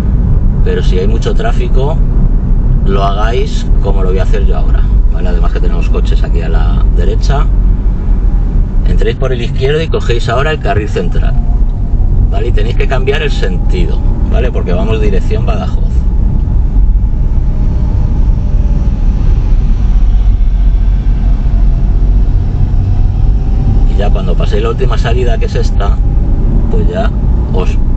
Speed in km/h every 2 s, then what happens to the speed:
41, 41, 40, 36, 30, 24, 26, 31, 31, 29, 22, 25, 27, 30.
4-10 slows to 24. 10-16 speeds up to 31. 16-21 slows to 22. 21-28 speeds up to 30.